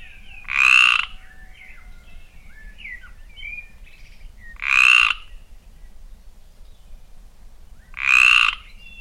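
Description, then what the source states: Mediterranean tree frog croaking: three loud, drawn-out rasping calls spaced about every four seconds. Song recorded in Limousin.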